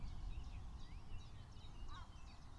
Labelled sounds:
Common Chiffchaff (Phylloscopus collybita)
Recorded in Germany
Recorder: ecoPi

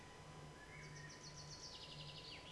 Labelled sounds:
Common Chaffinch (Fringilla coelebs)
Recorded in Germany
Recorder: ecoPi

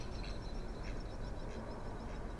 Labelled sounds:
Mallard (Anas platyrhynchos)
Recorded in Germany
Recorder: ecoPi

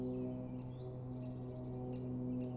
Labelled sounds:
Great Spotted Woodpecker (Dendrocopos major)
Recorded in Germany
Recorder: ecoPi

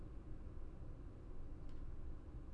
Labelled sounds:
none
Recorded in Germany
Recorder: ecoPi

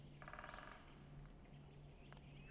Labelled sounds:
Great Spotted Woodpecker (Dendrocopos major)
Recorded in Germany
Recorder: ecoPi

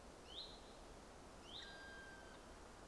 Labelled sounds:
Common Chiffchaff (Phylloscopus collybita)
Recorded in Germany
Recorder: ecoPi

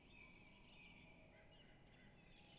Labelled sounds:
Song Thrush (Turdus philomelos)
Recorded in Germany
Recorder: ecoPi

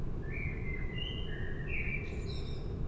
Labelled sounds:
Common Blackbird (Turdus merula)
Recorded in Germany
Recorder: ecoPi

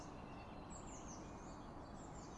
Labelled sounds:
Eurasian Blue Tit (Cyanistes caeruleus)
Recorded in Germany
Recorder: ecoPi

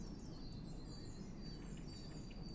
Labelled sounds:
Eurasian Blue Tit (Cyanistes caeruleus)
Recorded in Germany
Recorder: ecoPi

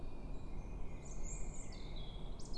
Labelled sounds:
Common Blackbird (Turdus merula)
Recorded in Germany
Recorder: ecoPi

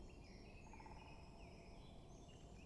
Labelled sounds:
Great Spotted Woodpecker (Dendrocopos major)
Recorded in Germany
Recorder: ecoPi

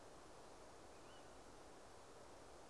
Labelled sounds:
Tawny Owl (Strix aluco)
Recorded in Germany
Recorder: ecoPi

